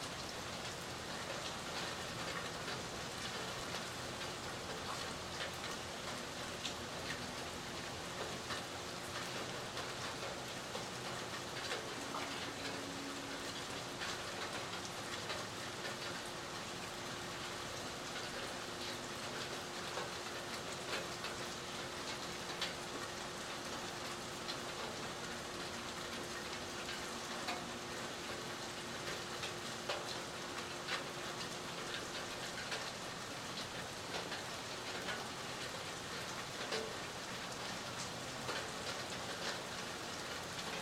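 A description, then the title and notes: Gentle rain falls steadily throughout, a dense, even hiss of countless drops with faint ticks and patters scattered across it. A low, steady hum runs underneath for most of the clip and fades out around the thirty-second mark. A gentle rain as a storm passes through.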